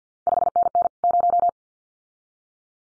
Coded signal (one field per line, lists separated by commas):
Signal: Morse code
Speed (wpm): 50 wpm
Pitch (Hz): 700 Hz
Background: none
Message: 5NN 0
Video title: CQ WW DX Contest Exchange Encore 50wpm